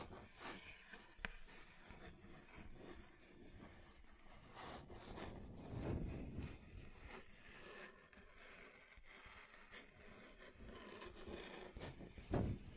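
Scratching on a table surface, irregular rasping strokes with sharp clicks near 1, 5 and 12 seconds and a louder scrape around 6 seconds.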